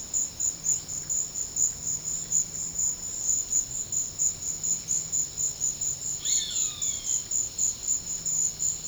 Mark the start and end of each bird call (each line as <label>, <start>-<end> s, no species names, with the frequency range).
bird call (0.7-4.7 kHz), 6.13-7.44 s